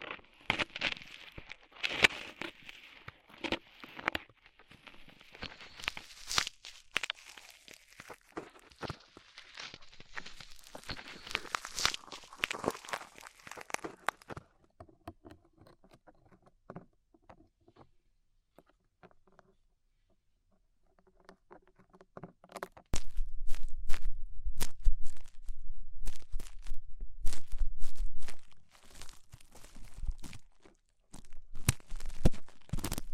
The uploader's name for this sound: Tingly Ear Cleaning Rhinestone & Clay Removal